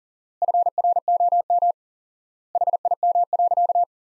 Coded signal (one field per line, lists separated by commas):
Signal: Morse code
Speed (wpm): 40 wpm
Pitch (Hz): 700 Hz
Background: none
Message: FROM HIM.